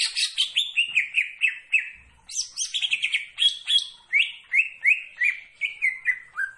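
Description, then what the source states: Greater green leafbird song: rapid rich whistles that mostly fall in pitch, repeated in a steady, busy stream with thin high squeaks over the top. Singing actively; described as "gacor".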